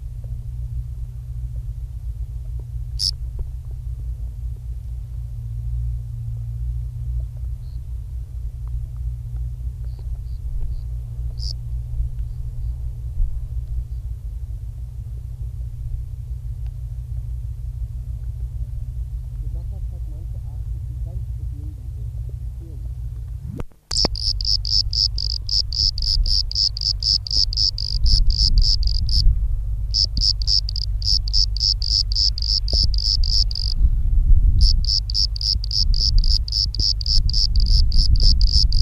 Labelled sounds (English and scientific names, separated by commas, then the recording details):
Bordeaux Cricket (Eumodicogryllus bordigalensis) stridulation
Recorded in the wild
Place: Brazo de la Torre, ES
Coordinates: 37.0958, -6.18
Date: 1971-03-26
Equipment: Uher Report 4200, AKG D190C in Doppel-Parabolreflektor
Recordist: Krey, Winfried